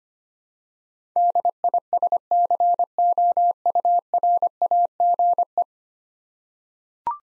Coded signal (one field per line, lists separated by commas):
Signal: Morse code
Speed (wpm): 25 wpm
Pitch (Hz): 700 Hz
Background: none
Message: DISCOURAGE